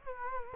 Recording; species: mosquito wingbeat signal from an infrared sensor; Culex quinquefasciatus